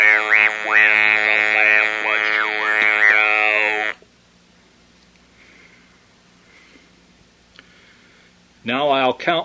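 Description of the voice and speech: An adult speaks with a Servox electrolarynx held at the lips rather than pressed against the neck as in normal use. The voice is a steady, buzzy, mechanical tone rich in harmonics. About four seconds of speech are followed by a long silence, then speech briefly resumes.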